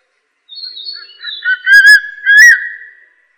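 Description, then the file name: Crested serpent eagle calling with a wavering whistle that swells into two loud ringing notes, the final note long and trailing off, preceded by a high thin descending whistle. "大冠鷲"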